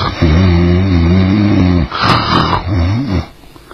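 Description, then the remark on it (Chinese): A voice imitates the loud snoring of someone sleeping in a wood: a long, low, rattling drone, then a shorter, rougher snort-like second breath that tails off into quiet. “好像有人在睡觉，打着鼾声呢。”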